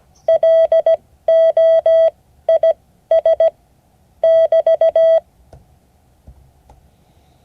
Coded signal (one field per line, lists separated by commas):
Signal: Morse code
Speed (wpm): 17 wpm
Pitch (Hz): 650 Hz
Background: none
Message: LOIS <BT>